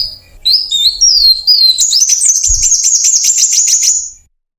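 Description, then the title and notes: Bird singing a loud, clear sequence of high whistled notes that rise and fall, then a rapid, rattling trill of repeated notes fading out after about four seconds. Indonesian bird-luring (pikat) sound from a compilation, meant for a stubborn bird that is hard to draw near. "Suara Burung Bandel Yang Susah Mendekati. Kompilasi Suara Pikat Burung"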